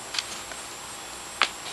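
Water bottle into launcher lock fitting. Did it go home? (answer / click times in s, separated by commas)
no / none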